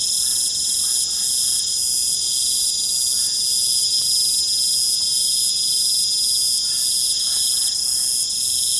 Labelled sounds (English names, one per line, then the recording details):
none
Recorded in pastures near Puerto Asís, Putumayo, Colombia, on 29 June 2025 at 20:00
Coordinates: 0.472, -76.331
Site G095